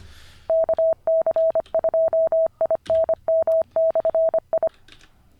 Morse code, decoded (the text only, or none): KC2INM/I